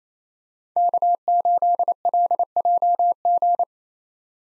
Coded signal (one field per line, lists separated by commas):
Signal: Morse code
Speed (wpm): 28 wpm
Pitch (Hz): 700 Hz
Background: none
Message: K8LJG